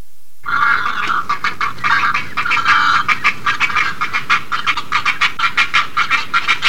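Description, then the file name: Great egret harsh calls: a longer rasping stretch at first, then a run of rapid, clipped scratchy notes. "kotuku"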